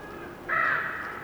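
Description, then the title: Bird giving a single harsh, hoarse croaking caw over a steady rushing windy background. Bird croaking during a windy storm with trees rustling. "GameAudioGDC. Windy storm with trees rustling and bird croaking"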